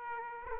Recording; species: mosquito wingbeat signal from an infrared sensor; Aedes aegypti